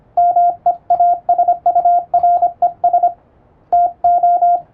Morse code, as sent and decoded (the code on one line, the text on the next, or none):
-- . .- ... ..- .-. . ... / - ---
MEASURES TO